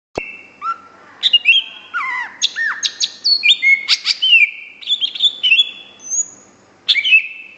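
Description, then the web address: Greater green leafbird song, a rich medley of whistles, downslurred and upslurred notes and quick chatters, delivered almost without pause. Masteran training song for tutoring cage birds. "masteran cucak-ijo"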